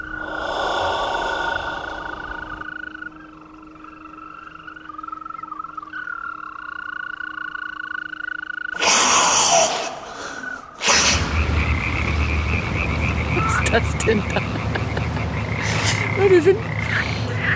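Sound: toads and frogs croaking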